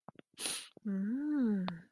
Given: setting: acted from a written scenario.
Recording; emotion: vocal sound without words; desire